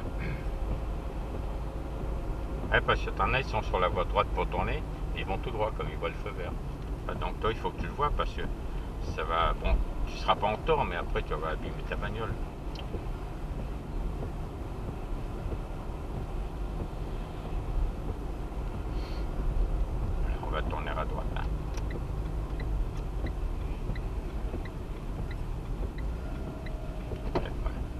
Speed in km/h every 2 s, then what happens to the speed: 44, 42, 40, 38, 38, 40, 40, 41, 42, 43, 42, 39, 34, 30.
0-6 slows to 38. 6-19 steady at about 40. 19-28 slows to 30.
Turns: none.